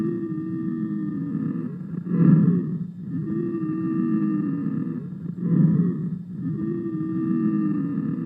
Wheezes poly.